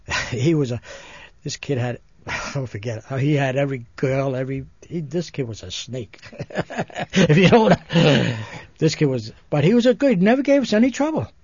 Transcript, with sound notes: he was a, this kid had, I'll never forget it. He had every girl, every, this kid was a snake. ( he laughs ) If you know what I, this kid was, but he was a good, never gave us any trouble.